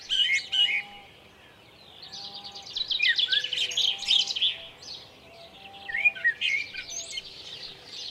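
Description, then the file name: Common blackbird song: short curving whistled phrases mixed with fast, high twittering. At Lucenay. "merle lucenay"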